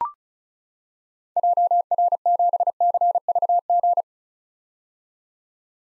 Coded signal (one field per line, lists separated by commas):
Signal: Morse code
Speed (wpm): 34 wpm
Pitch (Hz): 700 Hz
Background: none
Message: JR7CVG